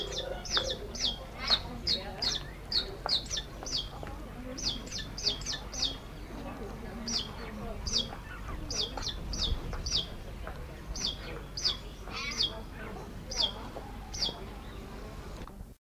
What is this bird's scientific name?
Basilornis mirandus